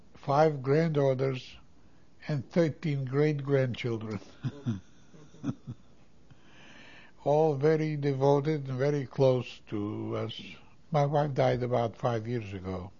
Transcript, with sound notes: five granddaughters, and thirteen great-grandchildren. ( he laughs ) All very devoted and very close to us. My wife died about five years ago.